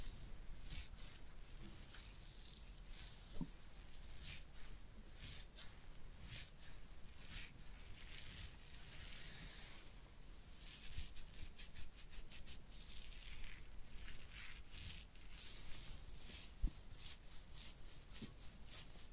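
A head massage and ear cleaning, heard as a constant run of soft scratching, rubbing and crackling strokes that repeat quickly and unevenly. The rustling grows busier and brighter after the midpoint, with a few sharper taps near 3 and 17 seconds.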